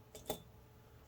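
A metal pickup shoe is guided down with tweezers into the plastic chassis of an HO slot car until it seats. Two short clicks are heard at 0.2 s and 0.3 s, the second louder and sharper, and the shoe is installed.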